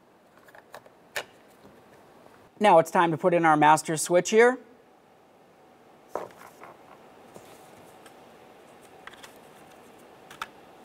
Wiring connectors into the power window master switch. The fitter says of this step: give it a little click give them a tug as you go